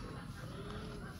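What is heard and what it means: The power supply connector is being handled at the fuel pump unit of a Honda Click scooter. Only a steady low rumble with faint background hum is heard, with no sharp transient. Nothing has seated or clicked yet.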